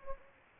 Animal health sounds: mosquito wingbeat signal from an infrared sensor; Anopheles gambiae

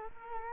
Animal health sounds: mosquito wingbeat signal from an infrared sensor; Culex quinquefasciatus

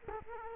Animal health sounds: mosquito wingbeat signal from an infrared sensor; Culex quinquefasciatus

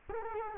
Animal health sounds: mosquito wingbeat signal from an infrared sensor; Culex quinquefasciatus

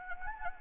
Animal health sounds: mosquito wingbeat signal from an infrared sensor; Anopheles arabiensis

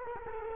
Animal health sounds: mosquito wingbeat signal from an infrared sensor; Culex quinquefasciatus

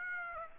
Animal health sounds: mosquito wingbeat signal from an infrared sensor; Aedes aegypti

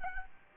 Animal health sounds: mosquito wingbeat signal from an infrared sensor; Aedes albopictus

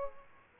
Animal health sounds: mosquito wingbeat signal from an infrared sensor; Aedes aegypti

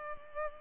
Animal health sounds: mosquito wingbeat signal from an infrared sensor; Culex pipiens

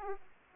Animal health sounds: mosquito wingbeat signal from an infrared sensor; Aedes aegypti

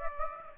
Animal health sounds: mosquito wingbeat signal from an infrared sensor; Aedes aegypti

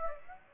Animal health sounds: mosquito wingbeat signal from an infrared sensor; Aedes aegypti

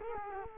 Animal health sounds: mosquito wingbeat signal from an infrared sensor; Culex quinquefasciatus

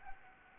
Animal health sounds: mosquito wingbeat signal from an infrared sensor; Anopheles gambiae

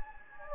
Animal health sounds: mosquito wingbeat signal from an infrared sensor; Anopheles gambiae

